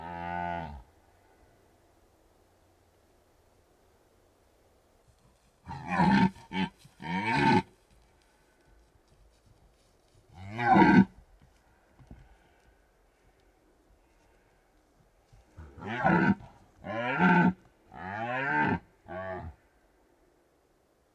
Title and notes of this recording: Red Deer Rut In Bucovina. Red deer stags rutting in the Carpathian Mountains, Bucovina, Romania.